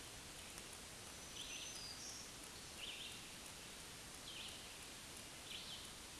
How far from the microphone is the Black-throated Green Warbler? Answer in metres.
about 35 m